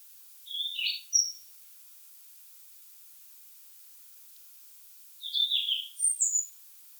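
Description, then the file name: European robin singing two brief, high warbled phrases separated by a long pause, with a faint steady hiss behind. "Erithacus rubecula"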